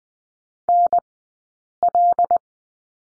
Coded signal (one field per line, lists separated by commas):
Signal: Morse code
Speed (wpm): 20 wpm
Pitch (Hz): 700 Hz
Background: none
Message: NL